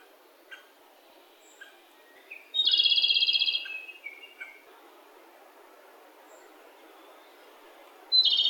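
Japanese robin song: one loud, rapid rattling trill lasting about a second and slightly falling in pitch, with scattered soft chips before and after and another trill starting at the end.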